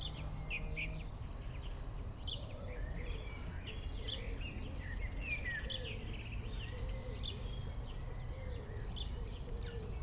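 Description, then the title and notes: Crickets chirping steadily in regular pulsed bursts, with a busy chorus of birdsong and high repeated twittering notes above. Crickets in a pasture near Chindrieux, France. "195 Rue de Vars, 73310 Chindrieux, France - Jument enrhumée. Deux juments dans un pâturage , grillons, oiseaux proches et lointains"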